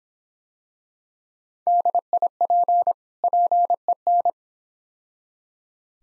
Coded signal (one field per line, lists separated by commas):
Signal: Morse code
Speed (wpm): 26 wpm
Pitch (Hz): 700 Hz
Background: none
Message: DIP PEN